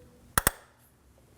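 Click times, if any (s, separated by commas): 0.4 s, 0.5 s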